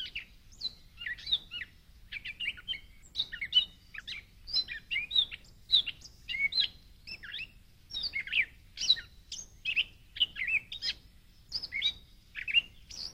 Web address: Gray Catbird